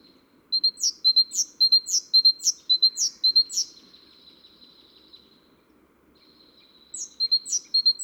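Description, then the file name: Great tit giving a long, steady run of about seven sharp high phrases with falling notes, then a pause and a shorter renewed burst. "Parus major"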